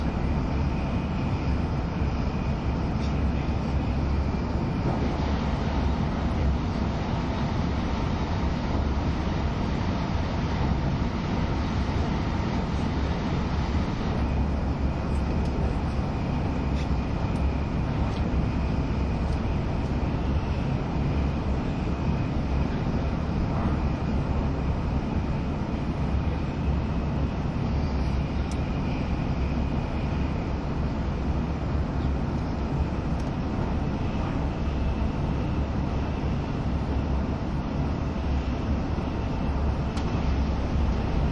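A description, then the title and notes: A train runs steadily, its deep, dense rumble filling the whole recording with no breaks or change in loudness. A faint whine rides above the roar at times, and light rattles and clicks from the running gear come and go throughout. N700S系 のぞみ265号 01/01:東京～新大阪. その車両の東海道新幹線区間の下り最速となる＂のぞみ265号＂の列車走行音(静止画)です。 Train running sound.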